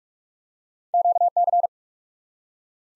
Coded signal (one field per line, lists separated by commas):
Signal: Morse code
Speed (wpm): 43 wpm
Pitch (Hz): 700 Hz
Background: none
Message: QC